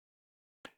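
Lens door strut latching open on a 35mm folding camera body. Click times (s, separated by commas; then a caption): 0.6 s. With the camera facing down, the side button is pressed on an Agfa Solinette metal 35mm folding camera, and the lens door swings open on its own. Its strut latches into the open position with a single sharp click at 0.6 s, after near silence. The lens door pops open and locks into place.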